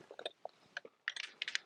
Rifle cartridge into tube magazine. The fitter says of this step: and then push them in until they click